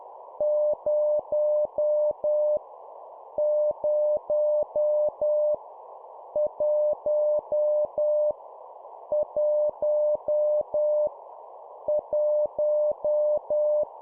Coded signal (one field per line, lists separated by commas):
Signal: Morse code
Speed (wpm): 10 wpm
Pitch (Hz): 600 Hz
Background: none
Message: 0 0 1 1 1